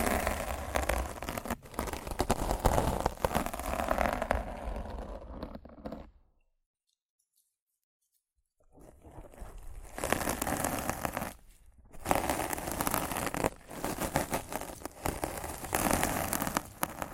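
Rough scratching and brushing on a microphone, a dense, gritty rasp with crinkly, tearing texture and frequent sharp strokes. The sound stops completely from about six to nine seconds, then returns in bursts, with a brief break near twelve seconds.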